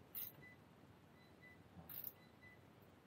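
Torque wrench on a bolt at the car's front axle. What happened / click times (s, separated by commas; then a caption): Torque wrench clicks at setting / 2.1 s. A torque wrench tightens a bolt to 9 Nm at the front axle and drive shaft assembly of a Model 3, during a drive shaft replacement to trace a front-axle rattle. After a brief high-pitched burst near 0.2 s and a quiet stretch, the wrench gives a single sharp click at 2.1 s. The bolt reaches its 9 Nm setting.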